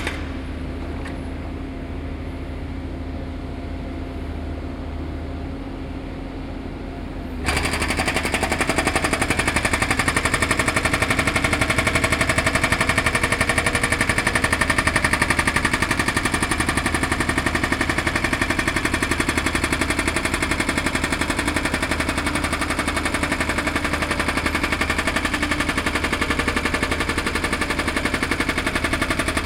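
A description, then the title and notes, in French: Public roadworks: for the first seven seconds a low machine hum runs under quieter clatter. Then a loud, dense, rapid hammering rattle, like a jackhammer, cuts in abruptly and continues steadily to the end, with a deep engine drone beneath. Travaux publics.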